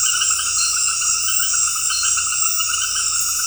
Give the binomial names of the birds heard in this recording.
none